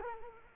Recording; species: mosquito wingbeat signal from an infrared sensor; Culex quinquefasciatus